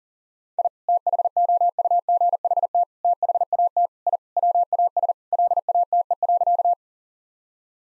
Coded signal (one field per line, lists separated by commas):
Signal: Morse code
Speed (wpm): 37 wpm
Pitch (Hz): 700 Hz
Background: none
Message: I THOUGHT THAT I WAS LATE.